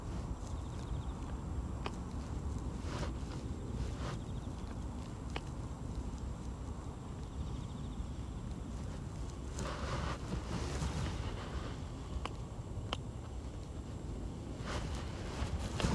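Carrot weeding at dusk: short, sharp snips and clicks land every second or so early on, with rustling bursts of pulled grass around ten seconds and again near fifteen. A steady low rumble and a faint, thin high whine run underneath throughout.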